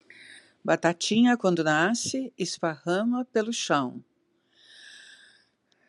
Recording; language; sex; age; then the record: short text; Brazilian Portuguese; female; 70 to 79 years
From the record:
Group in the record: control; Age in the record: 72 years